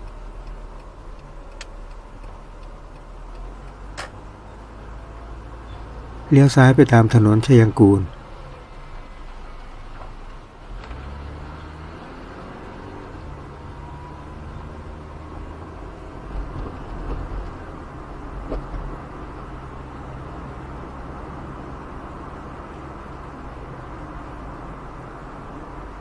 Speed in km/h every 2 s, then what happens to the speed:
17, 18, 22, 21, 9, 16, 31, 37, 42, 46, 49, 47, 46.
0-5 steady at about 18. 5-8 brakes to 9. 9-20 speeds up to 49. 20-26 steady at about 47.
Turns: none.